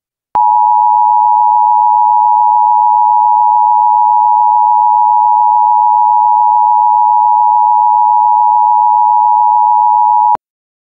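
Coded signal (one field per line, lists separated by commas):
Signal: Emergency Alert System (SAME) tones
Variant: 853 and 960 Hz attention tone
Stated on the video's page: Fictional EAS scenario alert about a nextbot invasion.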